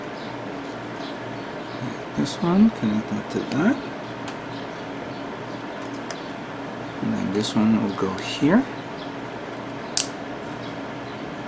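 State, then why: Seated. A plastic part of a 1/100 model kit is pressed onto its mounting peg on a mecha figure while someone talks. One sharp snap is heard at 10.0 seconds as the part seats in place.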